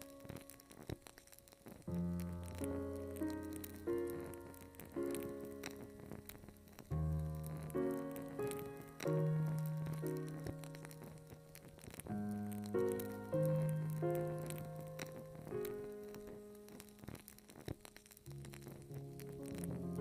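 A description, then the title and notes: Classical music plays with sustained low notes and a shifting melody over a soft crackle and patter like candle flicker throughout. Reading Nook w Candles and Classical Music. Listen to candle flickering. Hand picked Classical classics by Mozart, Beethoven, Handel, Chopin, Bach, and Tchaikovsky.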